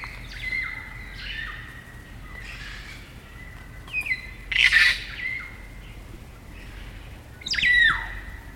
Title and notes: It's late spring at the Karori Sanctuary near Wellington, New Zealand and the kakas – a large species of parrot – are singing their eerie dusk chorus. BBC Countryfile Magazine's Sound Escapes Recorded by Margaret Bartlett.